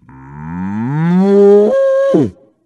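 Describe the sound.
Cow mooing, one long low moo that rises steadily in pitch, then jumps higher briefly before stopping abruptly.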